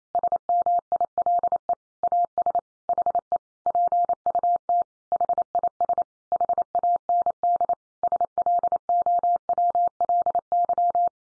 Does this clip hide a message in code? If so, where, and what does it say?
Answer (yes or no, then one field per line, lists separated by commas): yes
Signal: Morse code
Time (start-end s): 0.1-11.1 s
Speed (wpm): 28 wpm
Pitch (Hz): 700 Hz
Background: none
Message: SMILE AS HE PUT HIS HAND SLOWLY